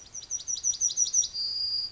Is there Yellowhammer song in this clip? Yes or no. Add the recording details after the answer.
yes. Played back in forest. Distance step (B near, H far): D. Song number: 146